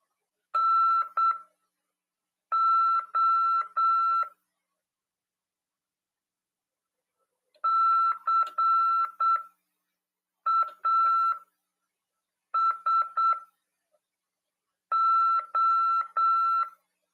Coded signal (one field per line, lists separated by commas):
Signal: Morse code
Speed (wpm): 8 wpm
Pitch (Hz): 1340 Hz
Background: none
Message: NO CASO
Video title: RADIOAMADOR "AULA 48 CW" 2ªED. 18/4/2022 "SORTEIO: RÁDIO OK no NATAL/BRASIL" PY2EXU PAULO HAM RADIO